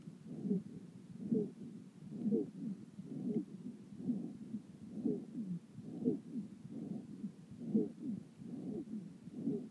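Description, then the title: Holstein cattle: holstein calf breathing sounds, low wheezing whistles rising and falling in laboured bursts about once per second, steady throughout. About 10-day-old female Holstein calf with severe pneumonia; lung auscultation, laboured breathing, whistling lung sounds; antibiotics and anti-inflammatories ineffective; calf died. "重篤な肺炎の子牛が死亡した"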